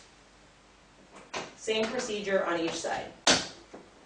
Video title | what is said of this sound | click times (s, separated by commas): TFK Twiner Twist Duo - ¿Cómo Montar el Carrito? - Babydea.com | simply grab one push it down into place you're going to hear a snap | 1.3 s